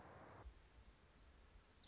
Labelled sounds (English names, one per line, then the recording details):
Orange-crowned Warbler
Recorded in Sonoma County, California